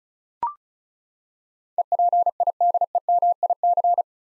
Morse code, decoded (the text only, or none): EPIDEMIC